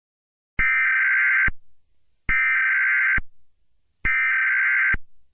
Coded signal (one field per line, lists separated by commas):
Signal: Emergency Alert System (SAME) tones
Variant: header bursts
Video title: EAS Scenario 7 - GMAN’s Terror!